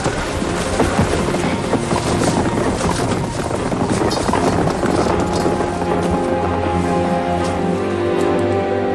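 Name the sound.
horses' hooves clip-clopping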